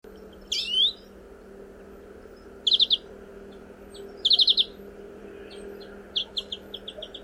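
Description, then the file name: European greenfinch calls: a quick rising twittered note, then short bursts of rapid high chipping notes, with a steady background hum. "Chloris chloris"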